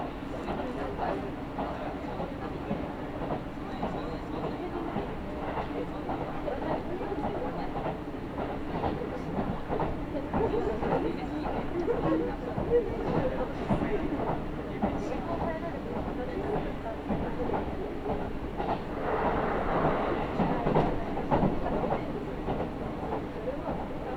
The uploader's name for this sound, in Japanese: 飯田線 各駅停車 豊橋→豊川